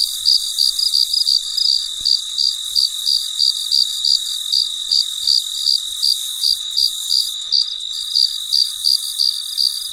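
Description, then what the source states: High, pulsing cricket chirps keep a regular beat of roughly three per second above a steady high insect hiss. Recorded late at night in very quiet surroundings.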